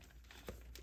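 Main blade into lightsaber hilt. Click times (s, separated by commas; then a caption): 0.5 s, 0.8 s. The main blade of a converted Kylo Ren Black Series toy lightsaber is pushed into its tight-fitting hilt after the grub screw has been backed out. Against a low background rustle, two sharp clicks sound at 0.5 s and 0.8 s as the blade goes in and seats in the hilt.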